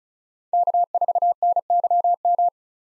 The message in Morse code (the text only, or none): K4NYM